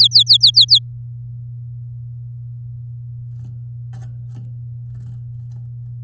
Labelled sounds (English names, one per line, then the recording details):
Domestic Canary song
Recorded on 8 May 2018 at 08:44
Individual llb16